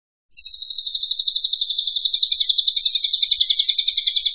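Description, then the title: Cililin song begins abruptly after a moment of silence: a shrill, rapidly pulsed trill held steadily at high pitch to the end. Vigorous "gacor" singing, used for training cage birds. "Cililin AMPUH"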